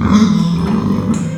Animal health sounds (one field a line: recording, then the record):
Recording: squeal of a Yucatan mini pig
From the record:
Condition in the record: after surgery on the right vocal fold (resection and tissue-engineered implant)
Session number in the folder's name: 13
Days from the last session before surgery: 113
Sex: female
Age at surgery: 19 weeks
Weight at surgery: 25 kg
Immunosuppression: prednisolone